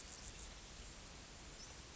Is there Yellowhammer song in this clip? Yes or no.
no